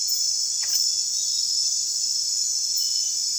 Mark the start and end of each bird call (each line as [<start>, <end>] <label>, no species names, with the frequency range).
[0.58, 0.85] bird call (0.8-3.3 kHz)